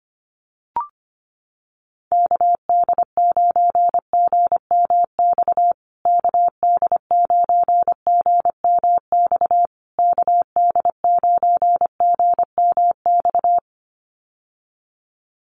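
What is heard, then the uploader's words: A steady mid-pitched Morse code tone keys out the callsign in three runs of dots and dashes, from about 2 to 13.5 seconds, with brief pauses between repetitions. A short click opens the recording just before one second, and silence surrounds the keying. USA Call Signs Repeated 3x 25wpm. First, the callsign is sent 3x in Morse code.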